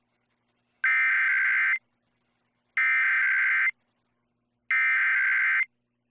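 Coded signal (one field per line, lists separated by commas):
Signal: Emergency Alert System (SAME) tones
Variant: header bursts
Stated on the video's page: Required Monthly/Weekly Test on NOAA weather radio station WXL51, 162.500 MHz, transmitter in Holland, Ohio, and on FM 92.5 MHz.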